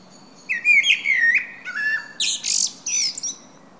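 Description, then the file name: Common blackbird song: a low, fluty warbled phrase followed by quick, squeaky high twitters, with faint thin high whistles in the background. "Turdus merula"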